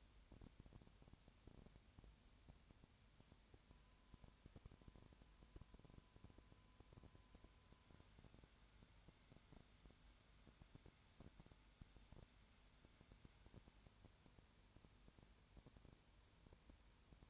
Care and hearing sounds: daily activity, microphone in the room; no activity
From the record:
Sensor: 2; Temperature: 20.4 degrees Celsius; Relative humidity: 35.5%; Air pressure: 1007.1 hPa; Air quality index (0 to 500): 122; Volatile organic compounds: 2 ppm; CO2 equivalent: 1257 ppm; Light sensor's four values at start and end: 2/3/2/2 and 2/3/2/2

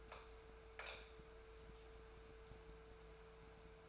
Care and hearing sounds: daily activity, microphone in the room; light on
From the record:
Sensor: 2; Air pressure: 1014.4 hPa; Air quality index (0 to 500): 174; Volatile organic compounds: 11 ppm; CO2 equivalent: 2297 ppm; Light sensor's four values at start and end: 32/78/33/37 and 36/93/39/43

